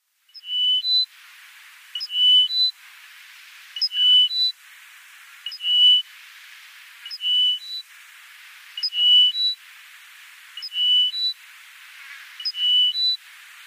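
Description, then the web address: Bar-tailed lark song: a short two-part phrase, a pure whistle followed by a higher note, repeated about every 1.7 seconds, with a constant background hiss. "Schulze Peter Bar-tailed Lark song"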